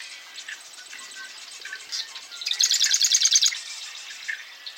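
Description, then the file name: Marsh Wren song: a rapid, buzzy rattle of repeated notes lasting about a second, over a busy background of other chirping birds. Eastern Marsh Wren; male; recorded at a lake in Nebraska, United States. "Nebraska 3 Eastern-male-at-Pony-Lake"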